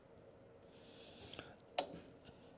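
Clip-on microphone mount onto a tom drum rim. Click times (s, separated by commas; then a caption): 1.8 s. A clip-on drum microphone, which needs no mic stand, is pushed onto the rim of a tom drum with a few faint scrapes and taps around 1.3–1.4 seconds. A sharp click at 1.8 seconds marks the clip locking onto the rim, and the mic is seated.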